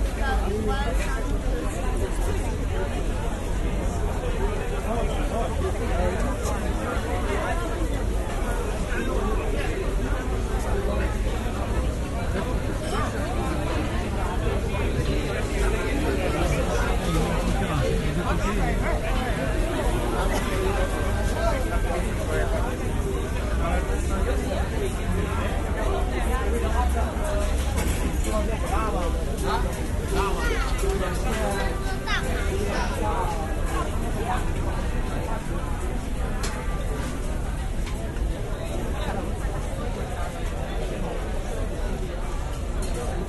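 Ambience at a busy harbour in the city, with voices talking and many more chattering all around. A low, steady rumble of traffic or engines underlies everything, and the level stays constant throughout, with no single event standing out.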